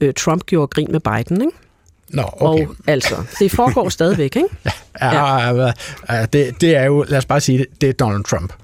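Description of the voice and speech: An adult man speaks Danish fluently in a mid-pitched voice, with brief hesitation fillers and pauses; ordinary conversational speech.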